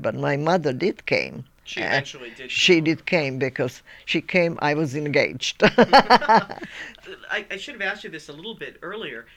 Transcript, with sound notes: But my mother did came. She...
She actually did come.
She did came because, she came, I was engaged. (they laugh)
I should have asked you this a little bit earlier.